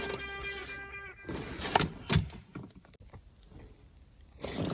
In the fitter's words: everything has snapped into place, and